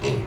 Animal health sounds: contact call of a hoofed animal; pig; closed-mouth grunt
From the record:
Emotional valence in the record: positive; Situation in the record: food and toys in familiar pen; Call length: 0.27 s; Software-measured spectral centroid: 2230 Hz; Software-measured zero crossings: 1410 a second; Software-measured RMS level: -25 dBFS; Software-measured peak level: -13 dBFS

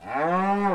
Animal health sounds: contact call of a hoofed animal; cattle; low-frequency (closed-mouth) or high-frequency (open-mouth) call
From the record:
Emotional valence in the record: negative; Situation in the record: full separation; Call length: 0.75 s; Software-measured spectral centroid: 1280 Hz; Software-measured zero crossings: 1590 a second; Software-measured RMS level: -24 dBFS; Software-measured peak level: -13 dBFS

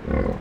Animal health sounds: contact call of a hoofed animal; wild boar; grunt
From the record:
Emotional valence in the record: negative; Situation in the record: naturally occurring agonistic interactions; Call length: 0.41 s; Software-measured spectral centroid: 870 Hz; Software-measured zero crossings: 820 a second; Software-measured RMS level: -24 dBFS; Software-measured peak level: -10 dBFS

